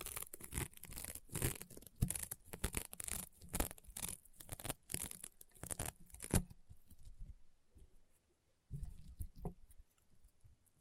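Rainbow honeycomb slime crunches and pops in dense bursts for six seconds, then goes quieter with sparse soft crackles and one brief late flurry.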